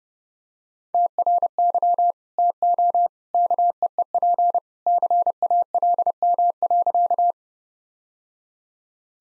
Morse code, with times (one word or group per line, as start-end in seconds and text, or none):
0.9-2.1 TRY
2.4-3.1 TO
3.3-4.6 KEEP
4.9-7.3 CALM.